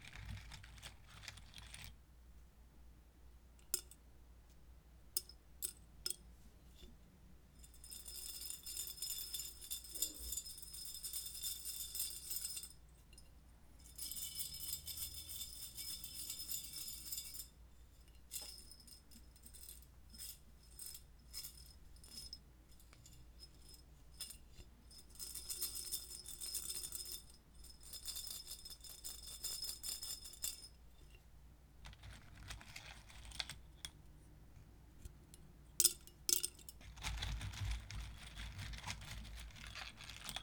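Wooden matches rattle and clink against glass in a shaken container, coming in dense bright bursts of a few seconds each, around 8–13, 15–17, 19–23 and 25–30 seconds. Between the bursts are scattered sharp ticks and taps, with a low steady hum underneath.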